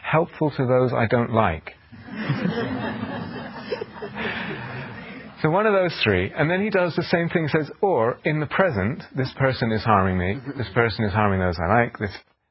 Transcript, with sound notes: helpful to those I don't like.'" [laughter] So one of those three. And then he does the same thing. He says, "Or, 'In the present, this person is harming me,' 'This person is harming those I like,' 'This